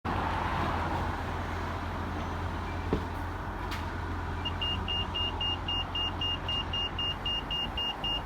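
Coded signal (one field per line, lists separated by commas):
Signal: beep code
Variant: Pelican pedestrian crossing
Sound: traffic rumble, then rapid evenly spaced high beeps, about two or three per second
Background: road traffic noise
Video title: I founded another Pelacan crossing beeping sound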